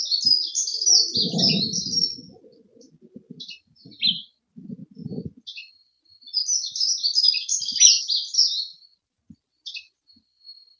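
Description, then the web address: Dunnock singing two fast, high, tinkling warbled phrases several seconds apart, with a low rumbling noise between them and a few scattered high notes. "Heggemus. heggenmus prunella modularis"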